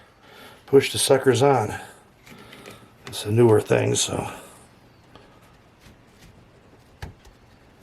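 Someone talks while handling the metal shell of a new lamp bulb socket, lining it up to be pushed onto its socket cap while replacing the worn socket on an old table lamp. A few faint, brief knocks and taps sound near 2.5, 5.2 and 7.0 seconds against quiet handling noise. The shell has not snapped onto the cap yet; nothing has seated or clicked.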